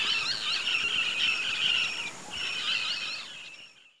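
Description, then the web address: Scarlet-shouldered Parrotlet flight calls: rapid, rolling shrill chatter in two bursts with a short gap, fading out at the end. Flock in flight giving flight calls, eastern lowlands of South America. "Natures Songs S America Eastern Lowlands Touit huetii, flock flight calls"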